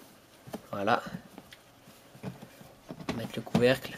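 A lid is being placed onto a plastic cricket breeding box and handled into position while someone talks. Short sharp knocks and taps of plastic are heard, but nothing has seated or clicked yet.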